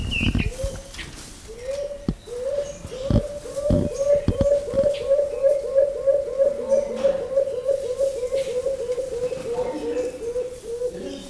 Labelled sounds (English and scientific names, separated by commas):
Beautiful Fruit Dove (Ptilinopus pulchellus)